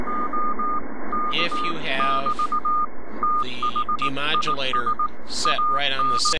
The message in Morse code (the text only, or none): OK <BT> THIS AN